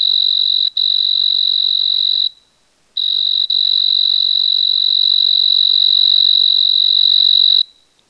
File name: Oecanthus pictus W 12 – Recorded at 26 03 2011 – 24 degree Celsius